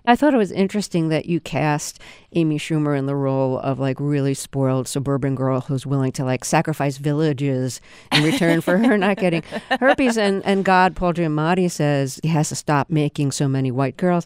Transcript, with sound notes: I thought it was interesting that you cast Amy Schumer in the role of, like, really spoiled suburban girl who's willing to, like, sacrifice villages...
(Laughter).
...In return for her not getting herpes. And God, Paul Giamatti, says he has to stop making so many white girls.